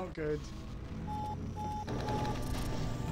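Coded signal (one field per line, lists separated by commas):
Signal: none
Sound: game mechanism beeps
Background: speech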